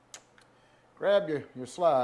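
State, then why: Released. A magazine is removed from the grip magazine well of a Hi-Point C-9 9mm pistol so its locked-back slide can be released, giving a sharp click at 0.1 s and a smaller follow-up tick at 0.4 s. Someone then talks over the rest of the clip, and the magazine is released.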